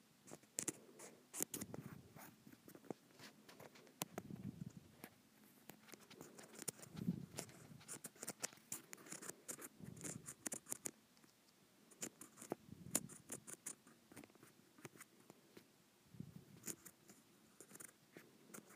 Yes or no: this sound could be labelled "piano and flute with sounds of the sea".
no